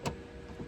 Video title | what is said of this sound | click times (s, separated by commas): Owl Sprinter B2Pro and B2 Classic Install | and it's locked into place. | 0.1 s